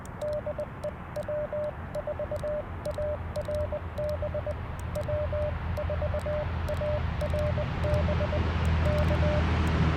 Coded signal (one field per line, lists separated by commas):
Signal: Morse code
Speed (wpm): 20 wpm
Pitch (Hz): 600 Hz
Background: none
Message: DE W4ARB W4ARB K